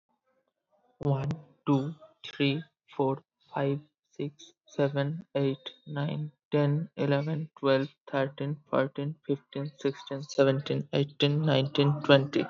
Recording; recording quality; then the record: counting at a normal pace; moderate, slight background noise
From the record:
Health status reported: respiratory illness, not identified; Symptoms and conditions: asthma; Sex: male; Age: 19 years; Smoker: not ticked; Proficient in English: yes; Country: India